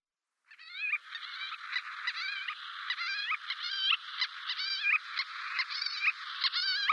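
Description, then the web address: White-tailed lapwing alarm calls: a sustained series of sharp, wavering notes with rising and falling inflections, delivered rapidly and steadily throughout. "Schulze Peter White-tailed Lapwing alarmcalls"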